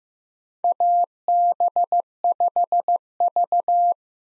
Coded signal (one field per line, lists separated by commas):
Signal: Morse code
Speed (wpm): 15 wpm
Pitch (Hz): 700 Hz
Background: none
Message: AB5V